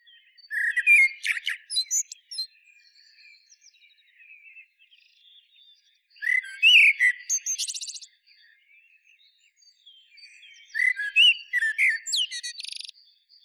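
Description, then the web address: Common blackbird singing three separate phrases about five seconds apart, each mellow and whistled at first, then ending in shrill, scratchy twitters. "SETE Turdus merula"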